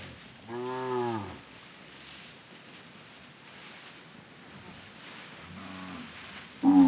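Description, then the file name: Cattle moo, a clear harmonic moo at one second, a softer one near six seconds and another starting at the end, with light rustling. A herd of cattle walking on grass, several moos. "Patas no pasto do gado varios mugidos"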